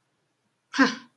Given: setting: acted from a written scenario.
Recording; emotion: vocal sound without words; contempt